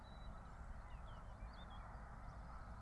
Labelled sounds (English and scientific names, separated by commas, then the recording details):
Eurasian Blackcap (Sylvia atricapilla)
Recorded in Germany
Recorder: ecoPi